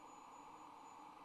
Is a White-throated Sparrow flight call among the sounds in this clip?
no